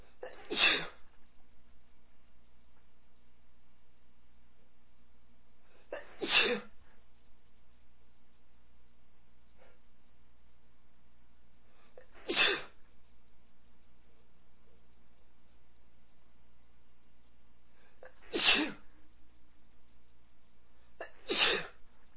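Five loud, explosive sneezes from an adult man, spaced irregularly over about 20 seconds, each a sharp broadband burst with quiet breathing background between, in spring.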